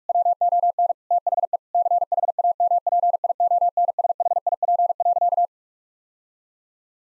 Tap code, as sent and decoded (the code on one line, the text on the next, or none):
none